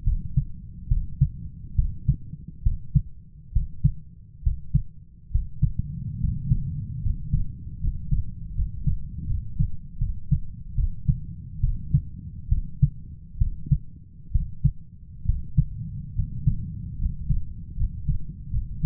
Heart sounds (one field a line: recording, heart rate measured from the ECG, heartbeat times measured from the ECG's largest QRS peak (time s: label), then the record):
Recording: heart sounds by stethoscope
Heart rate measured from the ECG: 71 bpm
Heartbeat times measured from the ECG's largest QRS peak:
0.04 s: heartbeat
0.88 s: heartbeat
1.75 s: heartbeat
2.62 s: heartbeat
3.52 s: heartbeat
4.42 s: heartbeat
5.31 s: heartbeat
6.20 s: heartbeat
7.02 s: heartbeat
7.79 s: heartbeat
8.54 s: heartbeat
9.26 s: heartbeat
9.98 s: heartbeat
10.74 s: heartbeat
11.60 s: heartbeat
12.48 s: heartbeat
13.38 s: heartbeat
14.31 s: heartbeat
15.25 s: heartbeat
16.15 s: heartbeat
16.98 s: heartbeat
17.76 s: heartbeat
18.50 s: heartbeat
From the record:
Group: healthy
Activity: cold pressor test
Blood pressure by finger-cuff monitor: 133/80 mmHg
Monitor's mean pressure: 96 mmHg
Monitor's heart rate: 68 bpm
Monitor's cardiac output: 7.7 L/min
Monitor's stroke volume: 109 mL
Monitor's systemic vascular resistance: 920 dyn s/cm5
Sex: male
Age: 23 years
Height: 178 cm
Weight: 96.6 kg